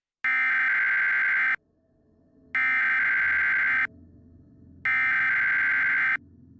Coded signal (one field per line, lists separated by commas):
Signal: Emergency Alert System (SAME) tones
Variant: header bursts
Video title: EAS scenario - Las Vegas Enderman invasion (2016) - Part 2